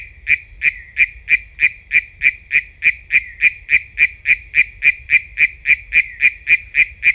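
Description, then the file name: Philautus frog producing a rapid, regular train of short pulsed notes at a mid-high pitch, accompanied by a steady high whine. Unidentified Philautus species labelled sp 7. "Philautus sp 7"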